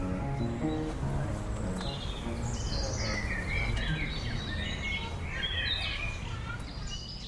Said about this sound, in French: reprenons maintenant le fil de cette conversation, le fil de ses souvenirs avec Jean-Claude Briseville et sous le pépiment des oiseaux.